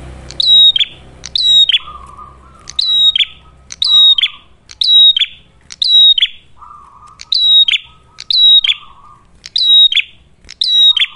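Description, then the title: Ashy tailorbird song: bright, piercing whistled phrases repeating roughly every second, with low buzzing trills slipped between them and faint background rumble early on. Actively singing ('gacor') red-headed prenjak, clear recording for training cage birds (masteran) or luring (pikat); titled as a Cililin vs Kapas Tembak duet. "Masteran Duet Cililin Vs Kapas Tembak. Prenjak Kepala Merah Gacor [ Suara Jernih, Sangat Cocok Buat Masteran Ataupun Buat Pikat ]"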